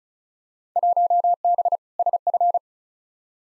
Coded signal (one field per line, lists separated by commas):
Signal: Morse code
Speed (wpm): 34 wpm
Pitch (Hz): 700 Hz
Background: none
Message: 1B SF